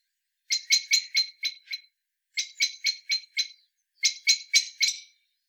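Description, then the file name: Common blackbird uttering a rattling call in three quick bursts of five or six harsh, clipped notes, each burst separated by a short silence. "Turdus merula"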